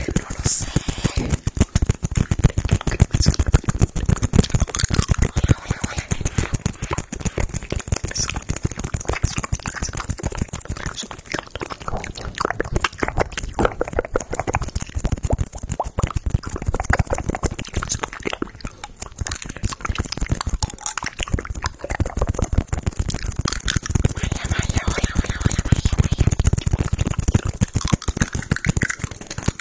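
Mouth sounds, a dense run of wet clicks, smacks and pops packed closely together with little pause across the whole stretch. The clicks are sharp and bright over a soft low rumble, growing somewhat fuller and louder toward the end.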